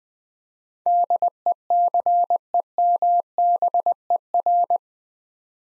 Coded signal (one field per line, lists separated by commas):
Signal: Morse code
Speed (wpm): 20 wpm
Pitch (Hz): 700 Hz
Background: none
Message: DECEMBER